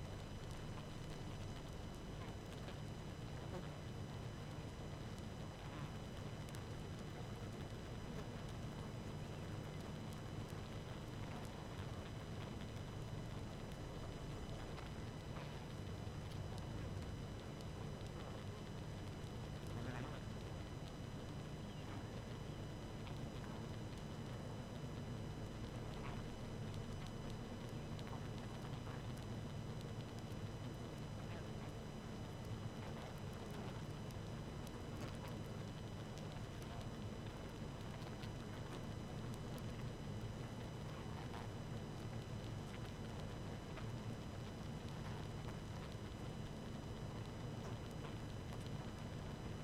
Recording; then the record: honeybee colony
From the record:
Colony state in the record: active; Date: 12 June 2018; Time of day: 18:45